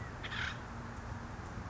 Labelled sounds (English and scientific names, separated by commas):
California Quail (Callipepla californica)